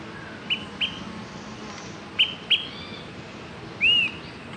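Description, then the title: Smoke-colored pewee calling: two quick pairs of short, sharp pips, then a longer arched whistle that rises and falls, against faint hiss. Subspecies zarumae. "LuckyPassaro Completos2Sama. Smoke-colored Pewee (Contopus fumigatus zarumae)"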